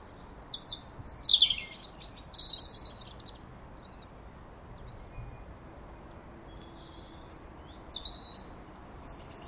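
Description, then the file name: European robin song: a phrase of high, varied notes, a pause with fainter notes, then another high phrase starting near the end. "Erithacus rubecula"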